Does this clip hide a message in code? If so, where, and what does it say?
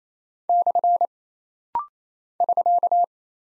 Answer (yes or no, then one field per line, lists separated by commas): yes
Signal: Morse code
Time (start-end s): 0.5-3.0 s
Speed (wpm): 27 wpm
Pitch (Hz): 700 Hz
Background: none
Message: / <SK>